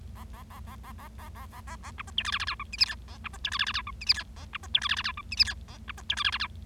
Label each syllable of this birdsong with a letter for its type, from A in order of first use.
A A A A A A A A A A A B C D E F F G H I J K A B C D E F F G H I J K A B C D E F F G H I J K A B C D E F F G